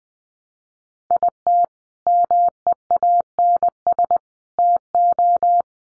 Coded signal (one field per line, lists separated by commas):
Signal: Morse code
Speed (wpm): 20 wpm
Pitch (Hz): 700 Hz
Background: none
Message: IT MEANS TO